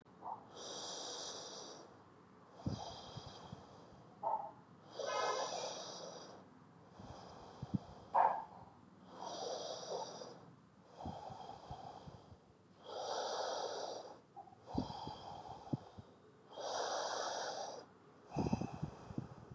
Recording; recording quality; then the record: deep breathing; excellent, no background noise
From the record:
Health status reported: recovered from COVID-19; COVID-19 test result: positive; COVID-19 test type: RT-PCR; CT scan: not taken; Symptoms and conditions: none ticked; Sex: male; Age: 29 years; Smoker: yes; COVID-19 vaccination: both doses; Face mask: not worn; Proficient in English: yes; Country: India